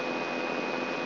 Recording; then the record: brain microelectrode recording played as sound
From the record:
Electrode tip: inside the subthalamic nucleus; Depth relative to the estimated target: -3 mm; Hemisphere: right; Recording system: AlphaMap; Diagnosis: Parkinson's disease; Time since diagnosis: 9 years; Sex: female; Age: 46 years